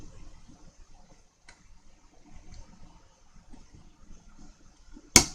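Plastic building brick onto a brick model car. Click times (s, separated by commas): 5.2 s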